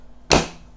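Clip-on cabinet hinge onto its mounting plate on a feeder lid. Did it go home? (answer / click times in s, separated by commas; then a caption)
yes / 0.3 s. A clip-on cabinet hinge on the lid of a wooden squirrel feeder is pressed down onto its mounting plate. A single sharp snap at 0.3 s rings out across the full frequency range and decays over about a quarter second. The hinge clicks into place and is seated.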